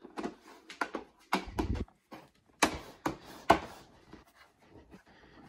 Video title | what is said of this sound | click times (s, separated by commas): How to add RAM to a Lenovo Ideapad 3 laptop computer | snap it in place | 0.8 s, 1.3 s, 1.6 s, 2.6 s, 3.1 s, 3.5 s